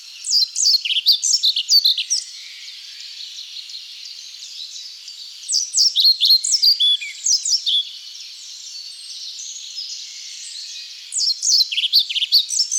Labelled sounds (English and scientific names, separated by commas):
European Pied Flycatcher (Ficedula hypoleuca) song